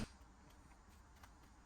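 The latch button on a J1772 charging plug handle is pressed and the plug is pulled out of a LaTough CCS1 + J1772 universal adapter. After a brief sharp sound at the very start, a faint click comes at 1.2 s over quiet background noise. The plug is released from the adapter.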